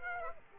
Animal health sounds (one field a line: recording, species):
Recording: mosquito wingbeat signal from an infrared sensor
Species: Aedes aegypti